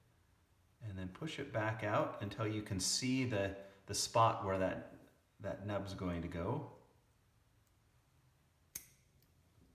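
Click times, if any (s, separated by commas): 8.8 s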